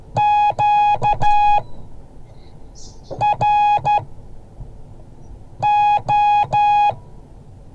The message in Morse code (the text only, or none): QRO